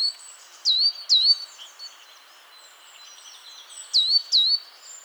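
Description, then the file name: Great tit calling in two pairs of sharp, steeply falling notes, separated by a pause of about three seconds, with soft background twitters. "Parus major"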